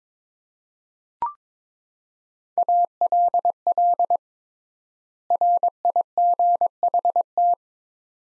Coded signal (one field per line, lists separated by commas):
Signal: Morse code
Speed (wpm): 22 wpm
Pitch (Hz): 700 Hz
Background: none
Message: ALL RIGHT